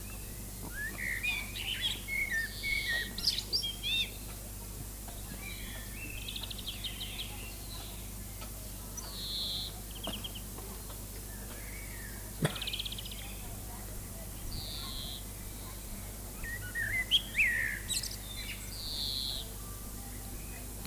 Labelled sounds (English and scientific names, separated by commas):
Common Blackbird (Turdus merula) song